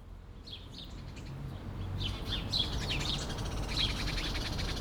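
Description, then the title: Sparrows chirping in a busy, overlapping chatter of short high notes that builds after the first two seconds, over a steady low rumble of traffic. Sparrows sheltering in a laurel bush at Rue de l'Église, Bassens, France, around 6 pm, with traffic noise in the background. "11 Rue de l'Église, Bassens, France - Moineaux"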